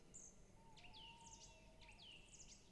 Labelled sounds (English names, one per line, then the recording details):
Tawny Owl
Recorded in Germany
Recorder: ecoPi